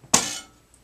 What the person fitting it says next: Okay, now it's snapped in.